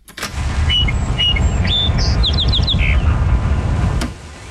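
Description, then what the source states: Song Sparrow song: a few whistled introductory notes, then a quick series of bright notes and a lower closing note, over a steady low rumble. Historic recording made at dawn on May 18, 1929, in woods near Cayuga Lake, with the microphone placed near a perch popular with song sparrows.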